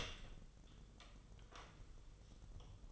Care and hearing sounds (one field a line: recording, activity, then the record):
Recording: daily activity, microphone in the room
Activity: open door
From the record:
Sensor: 4